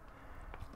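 An Insta360 Go 2 mini action camera is pressed into its magnetized clip mount on a BMC cap. It snaps in with a single short click at 0.5 s over steady low background noise, and the camera is seated in the mount.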